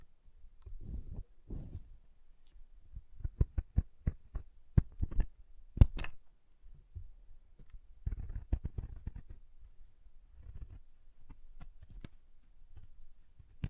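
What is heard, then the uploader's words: Chalk being carved and cut, heard as a series of sharp clicks, scrapes and small taps. The sounds come in irregular clusters, busiest around the middle and again near the end, with brief hissy scraping between the knocks. ASMR Chalk Carving and Cutting Sounds (No Talking).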